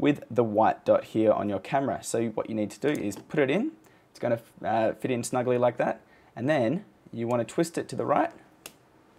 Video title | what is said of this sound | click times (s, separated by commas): Canon T6i & T6s (750d & 760d) Training Tutorial - Part 1 | until you hear it click so we'll do that again | 8.7 s